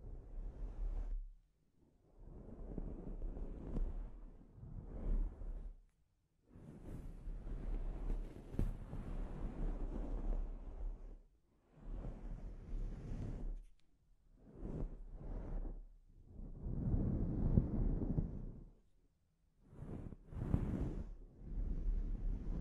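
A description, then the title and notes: Scalp treatment sounds come as a series of soft, scratchy rubbing passes, some lasting several seconds and others short, separated by brief pauses of near silence. A low, muffled rumble sits under each pass, and quicker, crisper strokes cluster toward the end. ASMR Sleep Inducing Scalp Treatment (No Talking).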